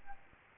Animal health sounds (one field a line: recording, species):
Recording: mosquito wingbeat signal from an infrared sensor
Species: Aedes albopictus